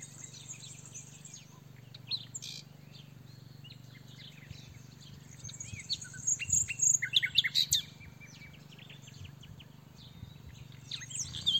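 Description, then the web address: Common nightingale song of scattered chips and whistles building to a fast run of repeated high notes, with a steady low background drone. "SETE data Luscinia megarhynchos"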